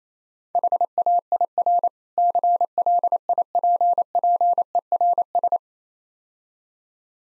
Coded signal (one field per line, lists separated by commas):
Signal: Morse code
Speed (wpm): 28 wpm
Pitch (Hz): 700 Hz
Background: none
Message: HAIR CLIPPERS